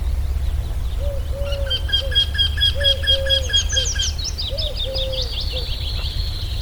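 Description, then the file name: Eurasian wryneck calling with a quick series of even nasal notes, with other birds calling over a constant low rumble. "Torcicollo"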